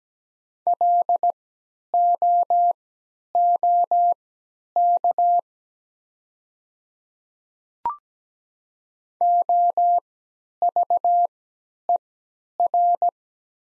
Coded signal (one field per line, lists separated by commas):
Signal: Morse code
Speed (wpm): 17 wpm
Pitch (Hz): 700 Hz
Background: none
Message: LOOK OVER